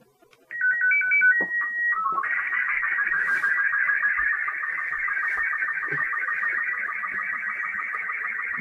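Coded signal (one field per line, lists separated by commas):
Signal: SSTV (slow-scan television)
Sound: quick stepping beeps, a steady whistle, a low chirp, then continuous warbling buzzy tones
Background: small room acoustics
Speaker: so we going to send that picture using the speaker and the microphone and here it comes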